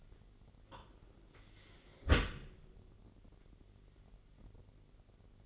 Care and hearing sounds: daily activity, microphone in the room; close dishwasher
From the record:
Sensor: 4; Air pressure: 999.0 hPa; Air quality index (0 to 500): 125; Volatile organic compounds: 2 ppm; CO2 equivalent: 1232 ppm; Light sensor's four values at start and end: 7/17/6/7 and 7/17/7/7

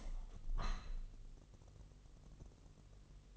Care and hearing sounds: daily activity, microphone in the room; open window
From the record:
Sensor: 4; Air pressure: 1001.3 hPa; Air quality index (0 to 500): 248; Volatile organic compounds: 45 ppm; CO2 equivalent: 3231 ppm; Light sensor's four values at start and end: 9/19/7/7 and 9/20/8/7

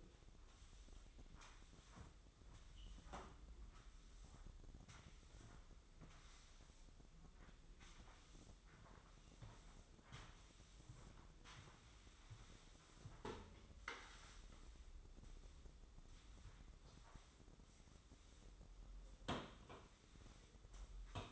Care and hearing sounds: daily activity, microphone in the room; sweep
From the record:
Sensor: 3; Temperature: 24.5 degrees Celsius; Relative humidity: 30.4%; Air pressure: 995.9 hPa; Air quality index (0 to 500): 94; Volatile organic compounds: 12 ppm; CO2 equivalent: 2355 ppm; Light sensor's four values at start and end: 30/90/38/34 and 30/89/38/33

